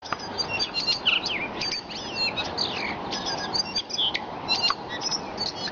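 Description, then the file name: Tui singing a rapid, jumbled string of high whistles, chirps and short buzzy notes with metallic clicks, over a constant hiss. Singing at sunrise. "Tui (Prosthemadera novaeseelandiae) singing at sunrise"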